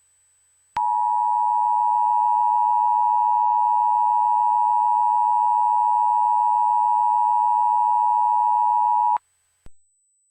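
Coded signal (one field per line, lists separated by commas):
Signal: Emergency Alert System (SAME) tones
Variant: 853 and 960 Hz attention tone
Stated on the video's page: Fictional EAS scenario, simulated.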